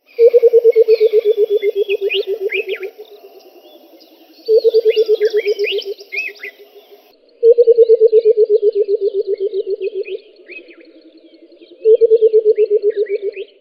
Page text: Burchells Coucal